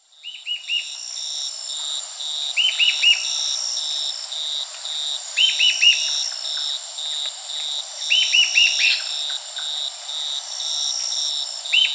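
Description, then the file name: Bird repeats short bursts of four or five looping, slurred notes every two to three seconds throughout, against a persistent shrill background drone. "SABIOD 50 bird 2015"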